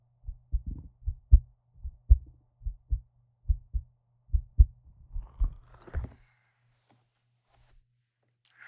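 Steady paired lub-dub heartbeats at about 75 a minute, an adult's heart heard as if lying on her chest with an ear pressed close, followed by a few seconds of rustling.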